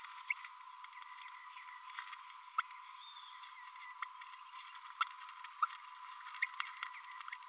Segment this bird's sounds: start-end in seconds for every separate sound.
0.30-0.34, 2.58-2.61, 5.62-5.66, 6.42-6.47